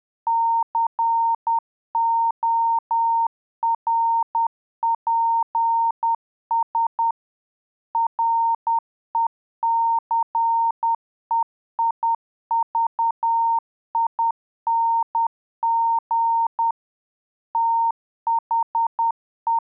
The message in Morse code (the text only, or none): CORPS RECEIVING THE